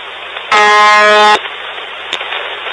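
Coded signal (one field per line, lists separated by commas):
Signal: channel marker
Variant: UVB-76 (The Buzzer)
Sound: one short, harsh, low buzz lasting under a second, then radio hiss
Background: radio static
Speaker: next up is uvb-76 so this is an incredibly eerie and unexplained broadcast ever since 1982 something called the buzzer can be heard from moscow russia it's a constant buzzing which changes pitch 25 times a day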